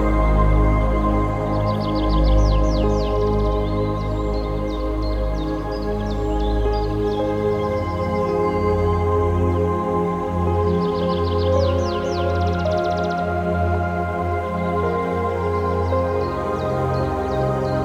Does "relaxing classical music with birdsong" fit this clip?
yes